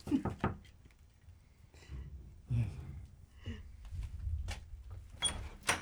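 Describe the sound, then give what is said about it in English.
A handful of sharp, hollow knocks on a door in Springdale, arriving for an appointment with American composer Philip Bimstein, spaced unevenly, with soft murmuring voices and shuffling in between. “Knock. Knock.”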